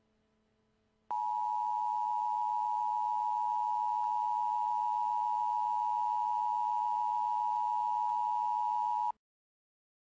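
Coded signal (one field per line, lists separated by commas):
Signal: Emergency Alert System (SAME) tones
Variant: 853 and 960 Hz attention tone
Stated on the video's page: Fictional EAS scenario with simulated alert tones about a tornado outbreak turning into a global hurricane disaster.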